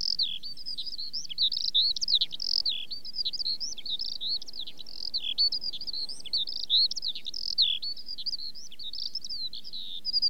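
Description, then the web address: Eurasian skylark song, a continuous rapid warbling stream of high chirps and trills pouring on without pause, with a faint low rumble beneath. "The BBC Sound Effects Library. Skylark"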